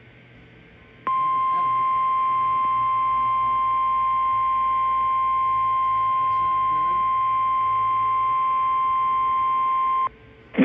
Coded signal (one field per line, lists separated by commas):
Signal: Emergency Alert System (SAME) tones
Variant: 1050 Hz attention tone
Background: speech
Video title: idk anymore: EAS#317-351 (EAS Alerts from 5/29-5/30)